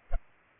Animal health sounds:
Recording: mosquito wingbeat signal from an infrared sensor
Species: Culex pipiens

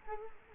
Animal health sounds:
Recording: mosquito wingbeat signal from an infrared sensor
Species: Culex quinquefasciatus

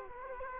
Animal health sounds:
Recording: mosquito wingbeat signal from an infrared sensor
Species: Culex quinquefasciatus

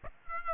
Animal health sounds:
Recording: mosquito wingbeat signal from an infrared sensor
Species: Aedes aegypti

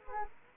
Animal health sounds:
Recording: mosquito wingbeat signal from an infrared sensor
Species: Anopheles gambiae

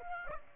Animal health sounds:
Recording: mosquito wingbeat signal from an infrared sensor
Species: Aedes aegypti

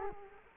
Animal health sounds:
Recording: mosquito wingbeat signal from an infrared sensor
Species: Culex quinquefasciatus

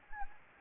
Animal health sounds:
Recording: mosquito wingbeat signal from an infrared sensor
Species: Anopheles gambiae

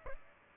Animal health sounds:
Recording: mosquito wingbeat signal from an infrared sensor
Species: Aedes albopictus

